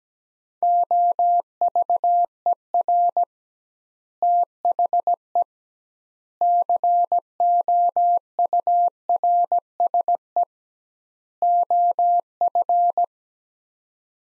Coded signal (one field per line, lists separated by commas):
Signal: Morse code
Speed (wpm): 17 wpm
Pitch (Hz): 700 Hz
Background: none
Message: OVER THE COURSE OF